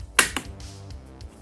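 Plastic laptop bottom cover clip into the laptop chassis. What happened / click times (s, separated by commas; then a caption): The plastic cover clip snapped into place / 0.2 s. The plastic back cover of a Lenovo Legion Y520 gaming laptop is pressed down over the heatsink area after thermal paste work, until a retaining clip snaps into the laptop chassis. A sharp, bright snap lands at 0.2 s, followed by a softer click at about 0.4 s and a few faint ticks later. The clip is seated, meaning the heatsink section of the cover is set.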